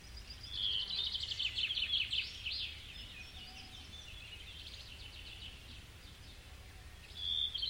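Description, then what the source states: Birds singing, a rapid trilled phrase with high chirps for about two seconds, then quieter twittering and another burst near the end, over a low steady rumble. Birds recorded in a forest.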